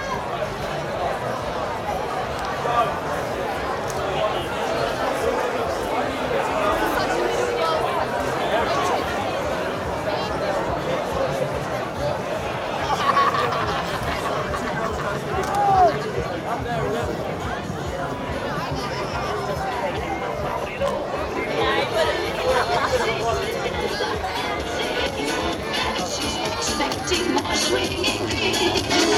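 A night walk through Glastonbury festival grounds, with steady crowd chatter and overlapping voices throughout, plus a brief louder burst of talk around thirteen seconds.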